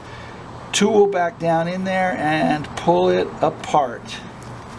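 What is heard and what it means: Someone talks while handling the steel master link that joins the two ends of a bicycle chain, with the chain being pulled tight so the link's two halves slide together. A steady low hum runs underneath the voice. Nothing has seated or clicked yet.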